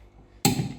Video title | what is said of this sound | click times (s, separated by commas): Recommissioning a Karmann Ghia | the torque wrench clicks off | 0.4 s